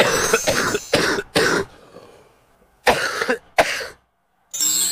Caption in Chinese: 那这个老痰它有个特点啊，就是，它呢就是非常的深，它就是在深入肾脏甚至是经络的这么一个。那么 它是一个咳起来非常费劲。 我们老痰那个患者咳起来的话，甚至是你可以看到他 弓背这样子弯腰，甚至是捶胸都咳不出来，啊，咳完之后的话觉得腰酸啊乏力。 我们好多老慢支的病人就说他自个儿真的会说他咳完了会腰疼。 可能都咳不出几口痰，就很费劲，痰黏量少， 咳声肯定还要再往里了，更加厚重。